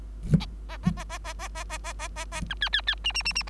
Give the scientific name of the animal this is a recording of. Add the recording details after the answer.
Lonchura striata domestica. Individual Bird3